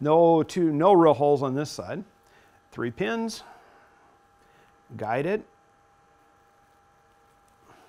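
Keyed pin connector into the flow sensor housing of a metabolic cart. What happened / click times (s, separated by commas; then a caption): A small connector is being lined up and guided on but has not seated yet / none. Someone talks while lining up a keyed pin connector, with notches, three pins and three holes, and guiding it onto the flow sensor housing of an Ultima CardiO2 metabolic cart (gas-exchange analyzer). Between the short bursts of speech there is only a faint steady hum. The connector is still being handled, and nothing has snapped into place or seated yet.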